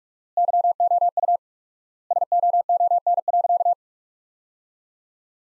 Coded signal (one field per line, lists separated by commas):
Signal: Morse code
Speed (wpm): 47 wpm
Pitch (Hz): 700 Hz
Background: none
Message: YOU SOON.